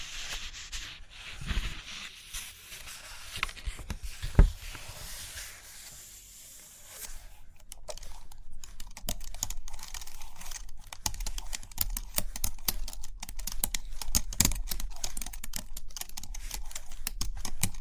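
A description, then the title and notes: Dry tapping. The first several seconds hold only scattered light taps and one sharp knock near four and a half seconds; from about seven seconds on, quick, dense clicking runs steadily to the end, like rapid fingertip tapping on a hard surface. Page Turning and Tapping, Writing, Drawing.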